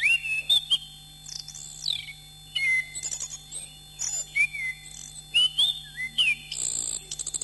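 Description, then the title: Thrush singing short, separated phrases of clear, sliding whistles with brief gaps between them, closing with a burst of high, scratchy notes. "Suara Burung Anis"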